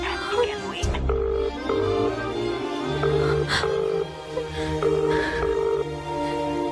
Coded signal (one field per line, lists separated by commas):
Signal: telephone call progress tone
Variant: UK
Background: speech, music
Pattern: ringback tone